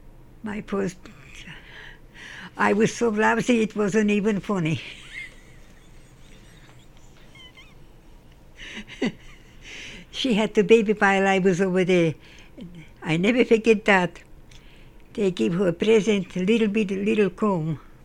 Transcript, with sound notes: my... I was so lousy it wasn't even funny.. (Laughs) She had the baby by like it was over there and I never forget that. They give her a present, a little bit, a little comb.